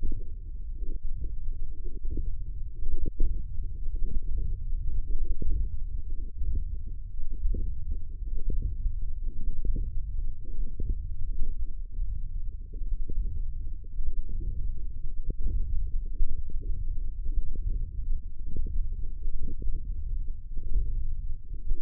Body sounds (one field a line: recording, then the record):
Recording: forearm muscle sounds (acoustic myography)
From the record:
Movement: hand opening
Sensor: system 1, eight BSWA MPA416 microphones around the upper forearm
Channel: 6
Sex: female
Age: 22 years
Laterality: right